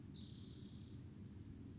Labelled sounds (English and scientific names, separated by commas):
Spotted Towhee (Pipilo maculatus)